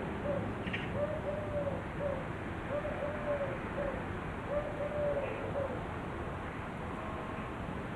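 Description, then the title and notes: Common Wood Pigeon song: soft, low cooing phrases repeated several times over constant background city noise. Male's love song among villas and gardens on a hill in Marseille, France, near Notre-Dame de la Garde, at the top of a dead-end street. "un pigeon ramier lançait son chant d’amour"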